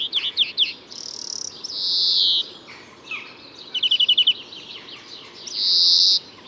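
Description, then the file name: European greenfinch giving repeated long wheezing buzzes, with a short burst of rapid twittering trill notes between them. "Chloris chloris"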